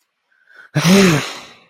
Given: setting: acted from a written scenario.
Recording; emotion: vocal sound without words; anger